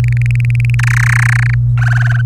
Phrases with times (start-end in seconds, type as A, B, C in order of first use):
0.04-0.75 A, 0.79-1.54 B, 1.78-2.22 C